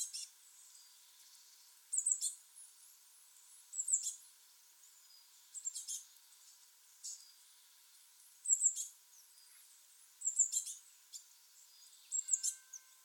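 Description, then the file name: Eurasian blue tit calls: short, very high, thin bursts repeated about every two seconds over a soft background hiss. "Cyanistes caeruleus"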